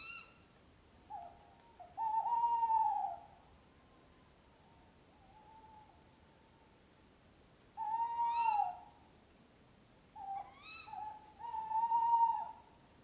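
Owl hooting repeatedly, low drawn-out notes with some trailing tones, mixed with several short rising higher calls near the middle and end.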